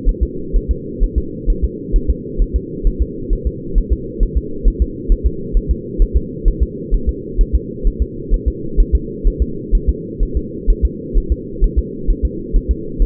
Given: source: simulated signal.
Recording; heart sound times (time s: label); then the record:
fetal heart sounds
0.09 s: S1
0.23 s: S2
0.56 s: S1
0.71 s: S2
1.04 s: S1
1.18 s: S2
1.50 s: S1
1.64 s: S2
1.96 s: S1
2.10 s: S2
2.42 s: S1
2.56 s: S2
2.87 s: S1
3.02 s: S2
3.33 s: S1
3.47 s: S2
3.78 s: S1
3.93 s: S2
4.23 s: S1
4.38 s: S2
4.68 s: S1
4.82 s: S2
5.12 s: S1
5.27 s: S2
5.57 s: S1
5.71 s: S2
6.02 s: S1
6.17 s: S2
6.48 s: S1
6.62 s: S2
6.94 s: S1
7.09 s: S2
7.41 s: S1
7.55 s: S2
7.87 s: S1
8.02 s: S2
8.34 s: S1
8.48 s: S2
8.80 s: S1
8.95 s: S2
9.27 s: S1
9.42 s: S2
9.75 s: S1
9.89 s: S2
10.23 s: S1
10.37 s: S2
10.70 s: S1
10.85 s: S2
11.17 s: S1
11.32 s: S2
11.64 s: S1
11.79 s: S2
12.10 s: S1
12.25 s: S2
12.56 s: S1
12.71 s: S2
13.02 s: S1
From the record:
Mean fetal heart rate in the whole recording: 130 bpm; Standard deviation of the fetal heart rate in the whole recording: 2 bpm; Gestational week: 38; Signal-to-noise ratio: -4.3 dB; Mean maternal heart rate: 72 bpm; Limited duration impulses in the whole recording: absent